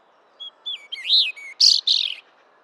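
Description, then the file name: European robin song, a short phrase of thin high whistles that slide up and down, then two louder scratchy, buzzy notes to finish. "Erithacus rubecula"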